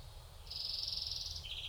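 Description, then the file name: European greenfinch uttering a long buzzy wheeze that holds steady for about a second, then drops briefly lower at the end; low background hum throughout. "Chloris chloris"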